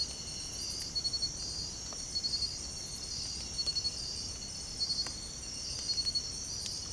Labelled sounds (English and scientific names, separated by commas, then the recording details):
none
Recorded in secondary vegetation near Puerto Asís, Putumayo, Colombia, on 22 December 2024 at 04:30
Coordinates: 0.468, -76.324
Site G095